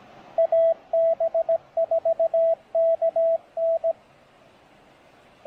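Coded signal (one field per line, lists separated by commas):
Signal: Morse code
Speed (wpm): 17 wpm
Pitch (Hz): 660 Hz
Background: radio noise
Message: AB4KN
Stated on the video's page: POTA activation on CW at 3 watts QRP, using an MTR-3B transceiver with an end-fed half-wave antenna in Pisgah National Forest.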